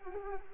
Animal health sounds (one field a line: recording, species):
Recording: mosquito wingbeat signal from an infrared sensor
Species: Anopheles arabiensis